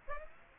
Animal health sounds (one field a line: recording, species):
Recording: mosquito wingbeat signal from an infrared sensor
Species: Aedes aegypti